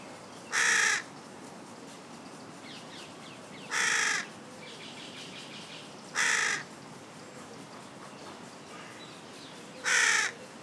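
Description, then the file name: Carrion crow giving four single harsh caws, each well separated by a few seconds of quiet. "Corvus corone"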